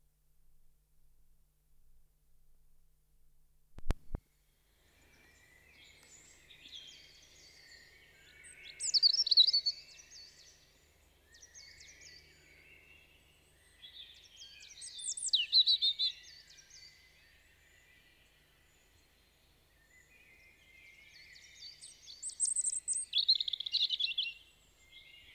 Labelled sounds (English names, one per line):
European Robin song